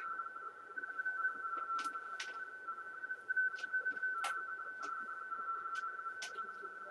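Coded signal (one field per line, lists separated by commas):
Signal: RTTY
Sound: continuous warbling two-tone teletype chatter with a few crackling static bursts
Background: radio static crashes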